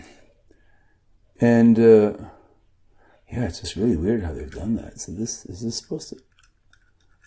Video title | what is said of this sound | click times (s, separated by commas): Tandy 1110HD Floppy Refurb: First Boot - #SepTandy | doesn't snap down it just | none